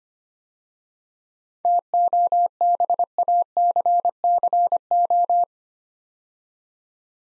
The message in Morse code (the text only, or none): TOBACCO